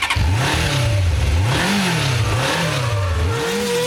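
racing car engine revving

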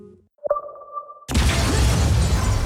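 explosion

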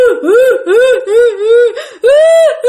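baby crying sound effect

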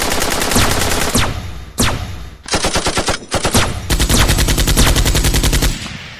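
volley of gunfire

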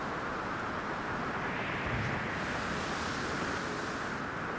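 ocean waves crashing

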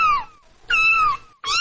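cat meowing

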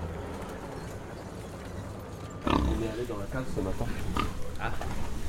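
pig grunting

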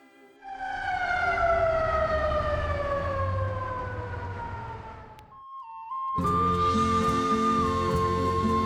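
ambulance siren

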